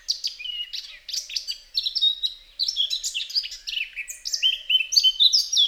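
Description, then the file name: Eurasian blackcap giving several bursts of quick, varied warbling with brief gaps between them. The phrases hold bright whistled notes and some that slide downward. "Sylvia atricapilla"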